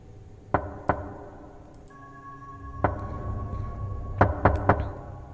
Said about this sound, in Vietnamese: thì bỗng nhiên tiếng gõ cửa ở ngoài cổng lại vang lên. Mọi khi người ta có gọi thì phải đập rầm rầm ở trong nhà mới nghe thấy. Thế nhưng bây giờ là ban đêm, tiếng gõ cửa đơn nhưng rõ lắm.